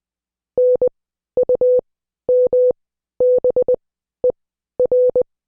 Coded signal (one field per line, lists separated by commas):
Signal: Morse code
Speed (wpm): 20 wpm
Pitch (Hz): 500 Hz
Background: none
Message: NUMBER